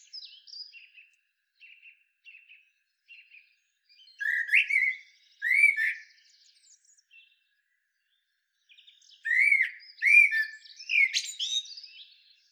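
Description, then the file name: Common blackbird with soft, short chips at first, then two bursts of mellow, slurred whistles mixed with high, scratchy squeaks. "Turdus merula"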